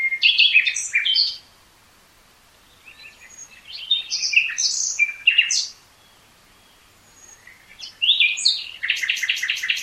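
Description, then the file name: Common nightingale singing loud varied phrases with chattering notes, whistles and a fast rattling trill at the end, with silent gaps between phrases. "Luscinia megarhynchos"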